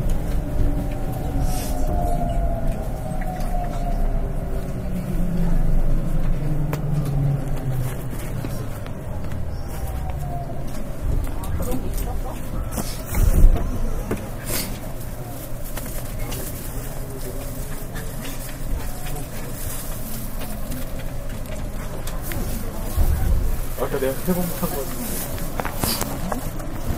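Running sound of a Nankai 50000 series electric train: a steady low rumble with faint rising and falling whines in the first seconds. Sharp clicks and thumps from the wheels and rails recur throughout, with louder knocks near 13 and 24 seconds.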